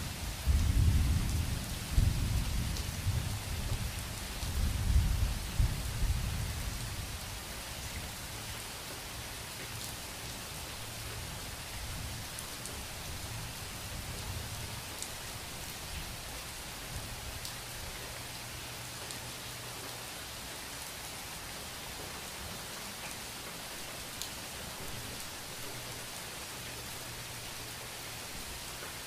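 Heavy rain hisses steadily throughout, with a deep rolling rumble of thunder in the first seven seconds before fading to a low hum.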